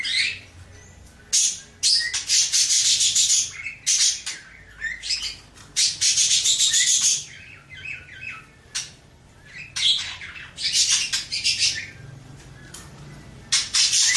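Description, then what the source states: Birds in harsh, chattering bursts lasting a second or two, separated by quieter gaps with a few isolated chirps, the outbursts recurring irregularly. Mixed birds.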